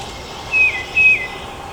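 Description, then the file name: Tufted titmouse: two clear downslurred whistles from a tufted titmouse, spaced about half a second apart against low background noise. Recorded at Trempealeau on 12 May 2018. "2018-05-12 TUTI-Trempealeau"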